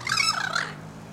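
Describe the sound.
Bird call: a harsh, harmonic, wavering note lasting under a second, with a steady low hum beneath.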